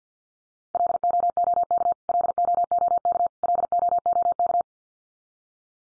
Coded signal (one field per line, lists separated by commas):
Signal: Morse code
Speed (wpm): 48 wpm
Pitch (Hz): 700 Hz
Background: none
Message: LOOK LOOK LOOK